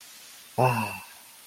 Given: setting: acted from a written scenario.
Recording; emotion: vocal sound without words; serenity